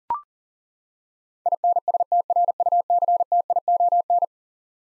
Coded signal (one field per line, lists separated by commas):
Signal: Morse code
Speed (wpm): 38 wpm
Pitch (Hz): 700 Hz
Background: none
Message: INSTRUCTION